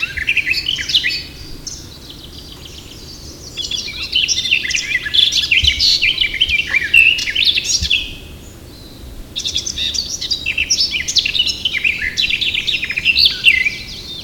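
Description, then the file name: Eurasian blackcap gives a short opening burst, then two longer babbling phrases of fast, high twittering and whistled notes, with short pauses between them. "Sylvia atricapilla"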